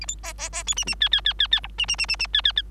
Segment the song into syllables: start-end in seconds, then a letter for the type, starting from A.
0.01-0.06 A, 0.08-0.16 B, 0.23-0.33 C, 0.38-0.49 C, 0.52-0.63 C, 0.66-0.75 D, 0.76-0.84 E, 0.87-0.95 E, 1.00-1.09 F, 1.12-1.21 F, 1.25-1.33 F, 1.39-1.47 F, 1.51-1.60 F, 1.63-1.68 G, 1.78-1.86 E, 1.88-1.96 E, 1.98-2.06 E, 2.08-2.16 E, 2.19-2.27 E, 2.33-2.42 F, 2.44-2.52 F, 2.56-2.62 F